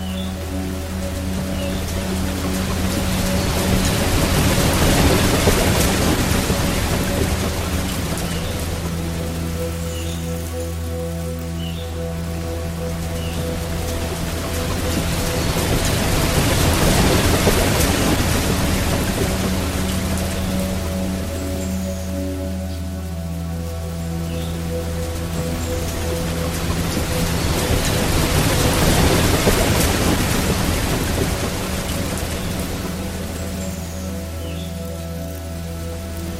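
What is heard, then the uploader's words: A waterfall stream rushes steadily, its hiss swelling and easing in slow waves that crest roughly every twelve seconds. Beneath it, soft sustained low tones hold almost unchanged throughout, with a few faint higher notes drifting in and out. Relaxing Piano Music and Waterfall Stream for Deep Sleep and Meditation. The serene sounds of a cascading waterfall.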